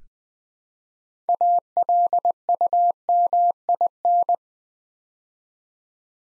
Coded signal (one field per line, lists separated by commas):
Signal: Morse code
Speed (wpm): 20 wpm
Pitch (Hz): 700 Hz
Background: none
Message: ALUMIN